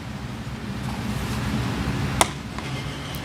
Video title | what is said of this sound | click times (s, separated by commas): Installationsvideo Stänkskydd - Tesla model Y | and it will click into place | 2.2 s